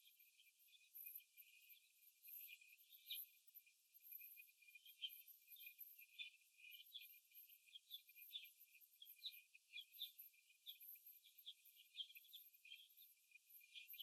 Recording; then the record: young laying hens in a cage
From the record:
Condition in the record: after the stressor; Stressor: simulated dog barking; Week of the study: 1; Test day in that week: 2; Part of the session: 3